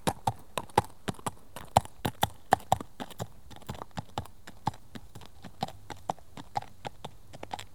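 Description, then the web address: Horse hooves striking the ground, a loose uneven patter of clops with some louder hits among quieter ones. "The BBC Sound Effects Library. Horses"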